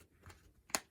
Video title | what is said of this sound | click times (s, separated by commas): Making a Waxed Canvas Pouch For My Silky Saw!! - Waxed Canvas Tutorial - Bushcraft Gear - E62 | click right in like that. | 0.8 s